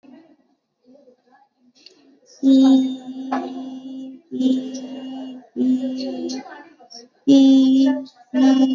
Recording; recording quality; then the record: sustained vowel as in beet; moderate, slight background noise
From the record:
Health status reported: exposed to COVID-19, no respiratory illness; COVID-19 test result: negative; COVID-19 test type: RT-PCR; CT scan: not taken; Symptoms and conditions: cough, cold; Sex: female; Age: 35 years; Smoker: no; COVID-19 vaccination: both doses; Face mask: worn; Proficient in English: yes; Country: India